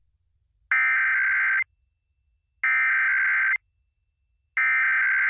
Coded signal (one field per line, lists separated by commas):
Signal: Emergency Alert System (SAME) tones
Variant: header bursts